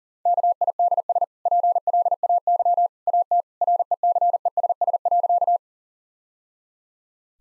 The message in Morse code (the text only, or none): KIDS PLAY AT RECESS.